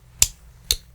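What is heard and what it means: Two sharp metallic snaps ring out at 0.2 s and 0.7 s as the handles of a folding metal multitool close into the tool body, after its attachments have been locked into place. Both snaps are bright and brief over a low steady hum. The handles snap shut.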